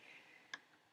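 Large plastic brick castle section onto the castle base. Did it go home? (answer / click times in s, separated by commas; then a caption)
no / none. A large, tall section of a plastic brick castle is pressed onto the castle base with some pressure, for fear of breaking it. A single sharp tick at 0.5 s stands out over a quiet background. It is not a seating click, and nothing has clicked into place yet, though the section feels solid enough.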